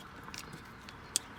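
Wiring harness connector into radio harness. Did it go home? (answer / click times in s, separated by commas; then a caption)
yes / 1.2 s. While a radio and backup camera are being installed in a Lucerne, a second wiring harness connector is pushed into the radio harness. Faint handling rustles come first, then a single sharp click at 1.2 s. The click confirms the connector has seated.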